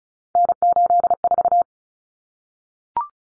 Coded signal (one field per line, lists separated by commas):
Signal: Morse code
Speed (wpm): 34 wpm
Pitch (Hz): 700 Hz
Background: none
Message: N84